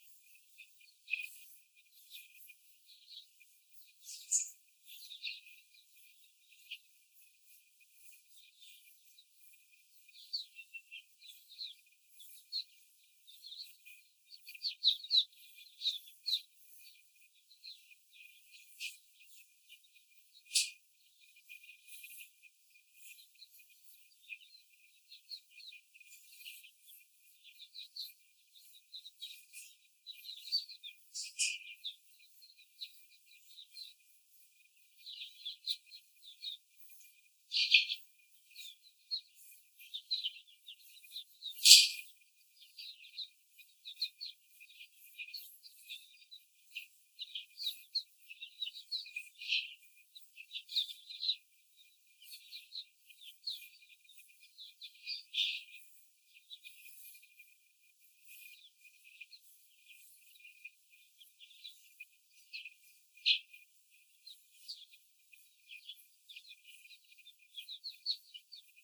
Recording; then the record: young laying hens in a cage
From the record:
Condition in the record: after the stressor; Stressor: simulated dog barking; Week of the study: 4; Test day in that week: 1